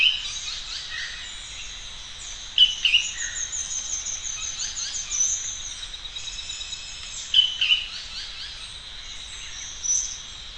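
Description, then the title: Bird song of high chirps and short twittering phrases, with louder bursts near three, seven and ten seconds over a steady high hiss, possibly insects. "LuckyPassaro Completos2Sama"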